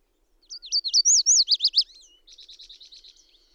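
Bird song: loud, high, zigzag slurred notes in a fast series, then a softer, even, buzzy trill of about ten rapid notes.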